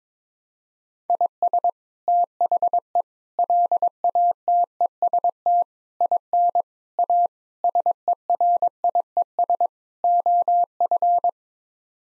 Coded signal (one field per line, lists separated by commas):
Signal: Morse code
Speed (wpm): 22 wpm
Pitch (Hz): 700 Hz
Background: none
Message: IS THE LATEST IN A SERIES OF